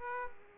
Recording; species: mosquito wingbeat signal from an infrared sensor; Aedes aegypti